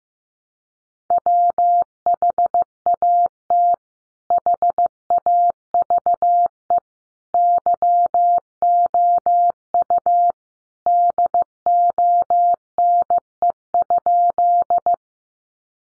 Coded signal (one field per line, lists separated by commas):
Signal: Morse code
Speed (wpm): 15 wpm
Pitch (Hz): 700 Hz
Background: none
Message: WHAT HAVE YOU DONE?